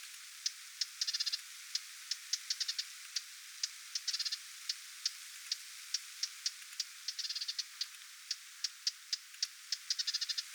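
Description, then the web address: Lesser whitethroat calling with insistent hard tick notes, interspersed with quick stuttering rattles of four or five clicks. Adult parent bird giving alarm or attention calls near its recently fledged young, 20 July 2026. "paivat 20 7 2026 hernekerttulintuemon huomioaantelya lentopoikastensa lahella"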